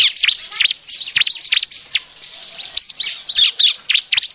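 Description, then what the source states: Bar-winged prinia calls: dense, high-pitched chirps with sharp downward flicks and brief level whistles, delivered in quick irregular bursts. Noisy calling, used as a lure recording to attract birds.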